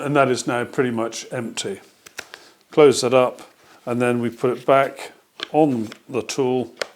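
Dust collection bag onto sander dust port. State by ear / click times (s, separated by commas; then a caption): not seated / none. Someone talks while an emptied plastic dust bag is closed up and handled to go back onto the dust port of a Festool cordless sander, with a few brief handling taps around 2.1 to 2.6 seconds. Nothing has seated or clicked yet; the bag is not yet home on the sander.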